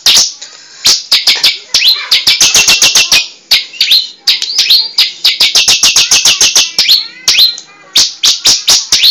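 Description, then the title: Bar-winged prinia song: rapid series of sharp high chirps in bursts, separated by short pauses. "Suara Burung Ciblek"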